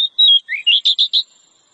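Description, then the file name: Oriental magpie-robin giving a fast run of whistled notes, a steady tone dropping into rapid rising chirps. Female; Indonesian name kacer. "Suara kacer betina"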